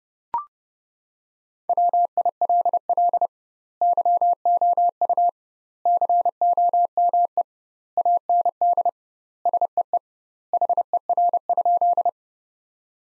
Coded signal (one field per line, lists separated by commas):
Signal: Morse code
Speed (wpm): 31 wpm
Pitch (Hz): 700 Hz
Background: none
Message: WILL YOU COME AND SEE HER?